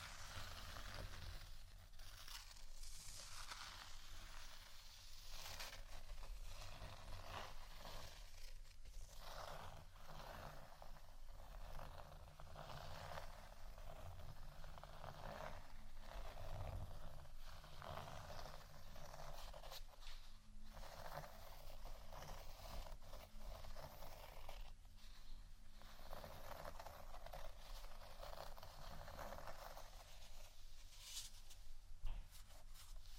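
Continuous scratching runs through the whole clip at a steady level, a dense, rough rasp with no real pauses. Bright hissy strokes sit over a constant low rumble, and brief dips and louder scrapes recur every few seconds.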